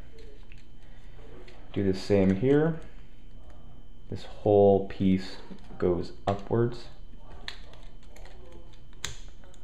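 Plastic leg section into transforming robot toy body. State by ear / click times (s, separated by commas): seated / 9.1 s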